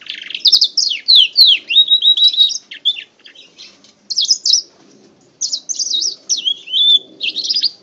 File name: hibrid housefinch x kenari omkicau